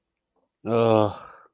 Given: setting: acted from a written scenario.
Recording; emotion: vocal sound without words; shame